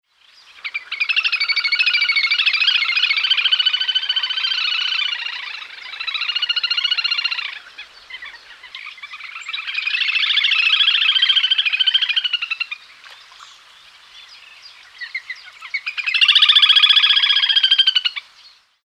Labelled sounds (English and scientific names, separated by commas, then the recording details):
Little Grebe (Tachybaptus ruficollis)
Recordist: Tembrock, Günter
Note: Trillern eines Paares